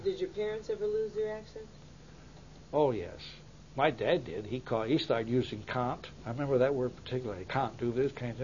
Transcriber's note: none